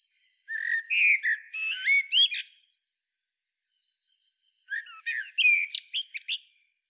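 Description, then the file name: Eurasian blackbird singing two phrases, mellow whistled notes rising into a rapid, high, scratchy twitter, with a silent gap between them. "Turdus merula"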